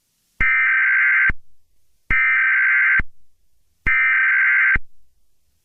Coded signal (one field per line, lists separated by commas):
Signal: Emergency Alert System (SAME) tones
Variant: header bursts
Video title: Mini EAS Scenario - That’s No Satellite